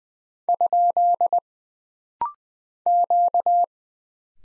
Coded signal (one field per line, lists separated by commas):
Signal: Morse code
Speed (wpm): 20 wpm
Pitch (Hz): 700 Hz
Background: none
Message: ? Q